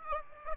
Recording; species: mosquito wingbeat signal from an infrared sensor; Aedes aegypti